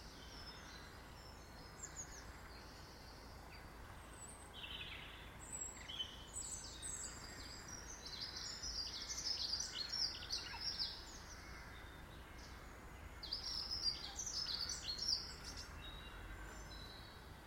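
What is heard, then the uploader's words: Birds chirp and twitter in a garden, their high, bright calls overlapping almost without pause. The singing grows busier and louder around the middle and again near the end. A steady low hum of outdoor background noise runs underneath. Birds Sounds in the Garden.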